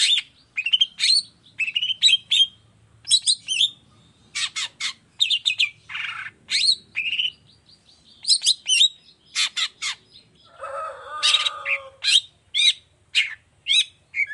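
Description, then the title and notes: Long-tailed shrike in a lively medley of chirps, whistled slurs and scratchy notes, with a harsher rasping phrase late on. Cendet singing vigorously in the morning with the 'toet toet' variation, clear-voiced and fully varied; a tutor song easy for any cendet to imitate. "Cendet Gacor Dor Di Kala Pagi Toet Toet Variasi Suara. Cendet Gacor Suara Jernih Full Variasi. Burung cendet"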